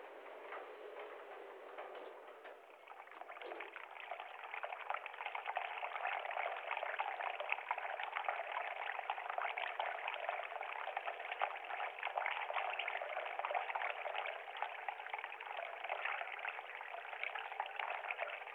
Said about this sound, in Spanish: Estás en un río.